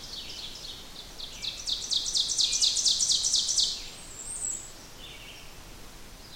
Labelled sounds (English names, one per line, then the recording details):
Ovenbird song
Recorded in boreal forest in Alberta, Canada, on 16 June 2016 at 08:09
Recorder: SongMeter 3, array SBT-3-32
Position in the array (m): 162 m, 26 m
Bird 36